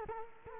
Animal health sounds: mosquito wingbeat signal from an infrared sensor; Culex quinquefasciatus

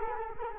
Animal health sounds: mosquito wingbeat signal from an infrared sensor; Culex quinquefasciatus

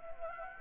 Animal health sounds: mosquito wingbeat signal from an infrared sensor; Anopheles gambiae

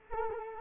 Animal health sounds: mosquito wingbeat signal from an infrared sensor; Culex quinquefasciatus

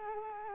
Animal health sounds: mosquito wingbeat signal from an infrared sensor; Culex quinquefasciatus

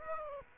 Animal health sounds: mosquito wingbeat signal from an infrared sensor; Aedes aegypti

